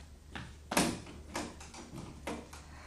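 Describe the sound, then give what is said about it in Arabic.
A door is handled and opened by a housekeeper answering it for a visitor: a loud clunk near the start, then several softer knocks and rattles spaced irregularly over a few seconds, with no voices. “شوفي الباب يا دادا.”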